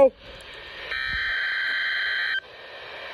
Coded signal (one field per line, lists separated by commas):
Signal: Emergency Alert System (SAME) tones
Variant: header bursts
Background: speech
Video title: Severe Thunderstorm Watch For My County EAS#644